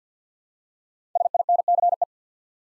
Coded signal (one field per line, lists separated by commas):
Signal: Morse code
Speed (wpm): 48 wpm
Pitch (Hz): 700 Hz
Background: none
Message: SINCE